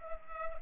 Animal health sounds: mosquito wingbeat signal from an infrared sensor; Culex pipiens

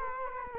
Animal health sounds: mosquito wingbeat signal from an infrared sensor; Culex quinquefasciatus

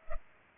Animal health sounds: mosquito wingbeat signal from an infrared sensor; Culex pipiens

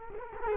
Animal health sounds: mosquito wingbeat signal from an infrared sensor; Culex quinquefasciatus

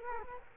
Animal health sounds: mosquito wingbeat signal from an infrared sensor; Culex quinquefasciatus

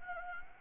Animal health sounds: mosquito wingbeat signal from an infrared sensor; Anopheles gambiae

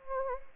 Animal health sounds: mosquito wingbeat signal from an infrared sensor; Anopheles gambiae

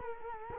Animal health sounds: mosquito wingbeat signal from an infrared sensor; Culex quinquefasciatus

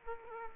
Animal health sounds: mosquito wingbeat signal from an infrared sensor; Aedes aegypti

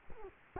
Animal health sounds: mosquito wingbeat signal from an infrared sensor; Culex quinquefasciatus

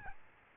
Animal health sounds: mosquito wingbeat signal from an infrared sensor; Aedes albopictus

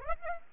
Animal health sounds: mosquito wingbeat signal from an infrared sensor; Aedes aegypti

